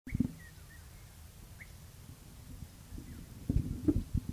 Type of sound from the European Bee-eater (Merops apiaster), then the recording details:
call. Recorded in the wild. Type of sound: call. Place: Russalka, Dobrudsha, BG. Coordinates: 43.4139, 28.5067. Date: 2005-07-23 10:40. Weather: sunny, 25°C, nearly no wind. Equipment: Marantz PMD 660, Sennheiser ME 80, K 3 U, Schalter II. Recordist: Frommolt, Karl-Heinz. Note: Zwischen Russalka und Taukliman: Rufe - kurz